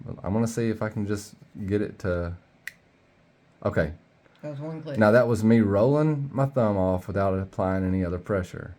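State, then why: Partly seated. Someone talks while slow-rolling the blade of a Petrified Fish Mini Buluga (God Mode G-Mascus) folding knife open with the thumb, applying no other pressure. A single sharp click is heard at 2.7 s. The blade clicks but does not fully lock, since it needs a second click to lock up.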